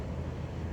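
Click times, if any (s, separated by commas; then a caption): none. A plastic body section labeled E is pressed onto mating section C while assembling a Home Depot 2025 Stripe animatronic figure. Only a steady low rumble with wind-like noise is heard, with no sharp sounds. The part fails to snap in, and nothing has seated or clicked yet.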